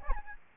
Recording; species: mosquito wingbeat signal from an infrared sensor; Aedes albopictus